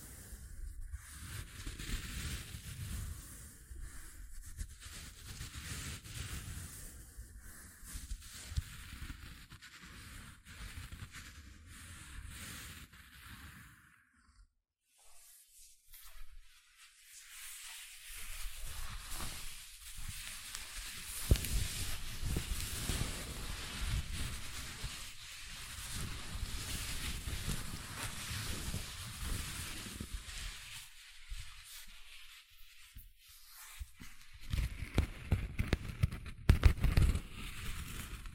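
Gentle scratching comes in uneven, rustling bursts with low rumbling underneath, pausing briefly around fifteen seconds and again near thirty-two.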